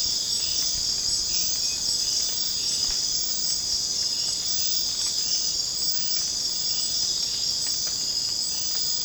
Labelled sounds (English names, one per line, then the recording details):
none
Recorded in secondary vegetation near Puerto Asís, Putumayo, Colombia, on 25 June 2025 at 01:00
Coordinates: 0.484, -76.319
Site G074